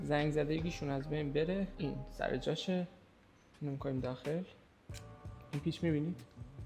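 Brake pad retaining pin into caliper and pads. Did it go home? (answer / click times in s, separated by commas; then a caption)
no / none. A brake pad retaining pin is being pushed through new disc brake pads fitted into a motorcycle caliper while someone talks, with background music, and a brief sharp sound is heard near 5.0 s. Nothing has seated or clicked yet; the clip ends just before the pin goes home.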